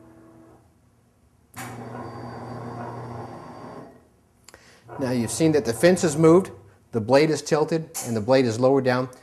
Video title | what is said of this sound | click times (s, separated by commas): CNC panel saw part 3 | you'll hear that click and that lets you know that the fence is locked in that position once the fence is done moving | 4.5 s